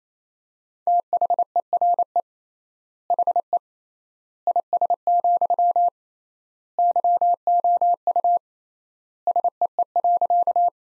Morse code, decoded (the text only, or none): THERE HE IS, YOU SEE.